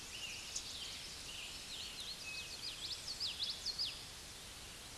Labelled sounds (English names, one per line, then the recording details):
Common Yellowthroat song
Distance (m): 20 m
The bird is about 5 m above the microphone
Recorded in a Pennsylvania forest on 16 May 2024 at 09:37
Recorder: AudioMoth, point MSD-2039
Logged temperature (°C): 15.0 °C
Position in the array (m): 90 m, 93 m